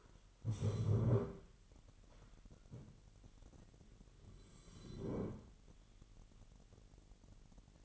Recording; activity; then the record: daily activity, microphone in the room; stand up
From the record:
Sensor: 4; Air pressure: 999.3 hPa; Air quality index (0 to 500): 112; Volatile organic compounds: 2 ppm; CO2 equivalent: 1111 ppm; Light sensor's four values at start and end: 11/26/10/11 and 11/25/10/11